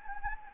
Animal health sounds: mosquito wingbeat signal from an infrared sensor; Anopheles gambiae

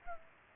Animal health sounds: mosquito wingbeat signal from an infrared sensor; Culex pipiens

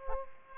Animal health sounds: mosquito wingbeat signal from an infrared sensor; Aedes aegypti

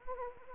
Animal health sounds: mosquito wingbeat signal from an infrared sensor; Anopheles arabiensis

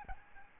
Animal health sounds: mosquito wingbeat signal from an infrared sensor; Aedes albopictus

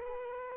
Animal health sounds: mosquito wingbeat signal from an infrared sensor; Aedes aegypti

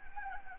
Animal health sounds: mosquito wingbeat signal from an infrared sensor; Anopheles arabiensis

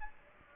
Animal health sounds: mosquito wingbeat signal from an infrared sensor; Aedes aegypti

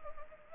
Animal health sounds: mosquito wingbeat signal from an infrared sensor; Anopheles gambiae

